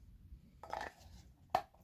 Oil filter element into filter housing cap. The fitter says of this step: and you click her in place bam she's good if you want you got a little oil